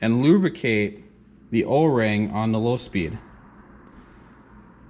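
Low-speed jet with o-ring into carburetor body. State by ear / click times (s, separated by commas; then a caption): not seated / none. A man talks while the o-ring on a low-speed jet for a Honda GX series engine carburetor is lubricated with a little motor oil on a finger, and the part is handled before being inserted back into the carburetor body. A low steady background hum remains after the speech ends, and nothing has seated or clicked yet.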